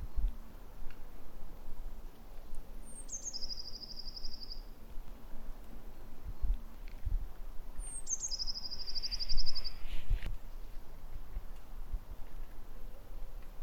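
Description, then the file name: Eurasian blue tit giving two high phrases about five seconds apart, each a thin falling lead-in note followed by a rapid, slightly descending trill; low background rumble throughout. "Cyanistes caeruleus"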